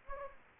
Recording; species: mosquito wingbeat signal from an infrared sensor; Anopheles gambiae